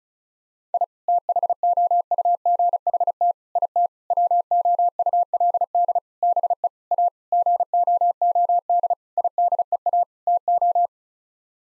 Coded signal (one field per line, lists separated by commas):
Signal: Morse code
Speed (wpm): 36 wpm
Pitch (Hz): 700 Hz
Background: none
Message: I THOUGHT IT WOULD BE A GOOD IDEA TO